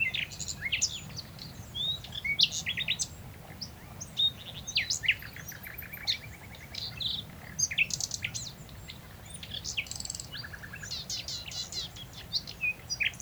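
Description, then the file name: Common nightingale song of dense, varied notes: clicking trills, buzzy rattles and high chirps tumbling one after another, steady low background noise throughout. "Luscinia megarhynchos"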